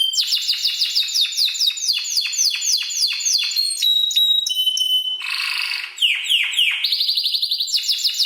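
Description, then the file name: Canary song of rapid repeated down-slurred notes, short whistles, a buzzy burst, then renewed fast trills. "Canary Singing"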